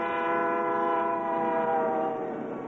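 The horn of a train departing for Vyborg blares in one long, unbroken chord of layered tones, loud and steady for the whole stretch with only a slight waver partway through; no voices.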